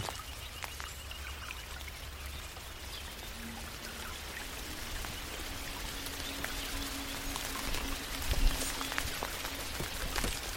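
Raindrops patter steadily on a tree, a dense hiss of fine taps with sharper, brighter drips scattered throughout and a few louder hits around eight seconds. A low rumble sits underneath, and a faint hum rises briefly in the middle.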